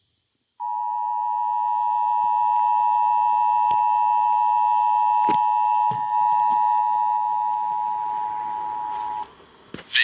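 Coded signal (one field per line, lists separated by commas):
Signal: Emergency Alert System (SAME) tones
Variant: 853 and 960 Hz attention tone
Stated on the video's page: Sacramento required monthly test, transmitted by KMXI and KFBK.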